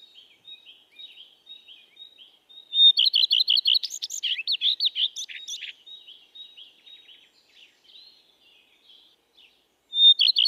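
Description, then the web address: Common redstart song: quiet soft notes, then a loud phrase of quick repeated notes breaking into a varied, scratchy warble, and a new phrase starting at the end. "bioakusztika bioakusztika kertirozsdafarku"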